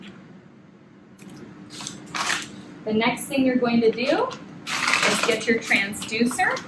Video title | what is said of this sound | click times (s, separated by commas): How to set up an Extraventricular Drain SD 480p | just pops right in the hole there till you hear a click. | 1.9 s